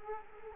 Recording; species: mosquito wingbeat signal from an infrared sensor; Culex quinquefasciatus